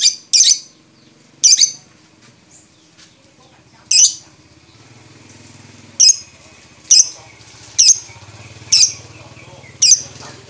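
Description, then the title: Lovebird calling in shrill, piercing chirps spaced a second or more apart, with a low droning hum underneath. Champion lovebird with a clear voice, song used as masteran material for training other songbirds. "MASTERAN BURUNG 2. Kicau Suara Burung Lovebird Juara Suara Bening"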